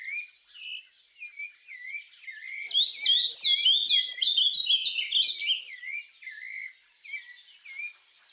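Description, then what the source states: Birds singing sweet rising and falling whistled phrases, swelling into a busy chorus of overlapping chirps in the middle before returning to single whistled notes. Birds singing at dawn.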